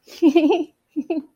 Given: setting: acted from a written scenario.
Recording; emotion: vocal sound without words; elation